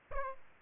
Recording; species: mosquito wingbeat signal from an infrared sensor; Aedes aegypti